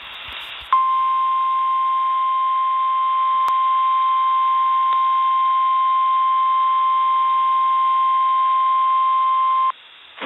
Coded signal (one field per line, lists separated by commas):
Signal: Emergency Alert System (SAME) tones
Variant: 1050 Hz attention tone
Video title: EAS #48: Severe Thunderstorm Warning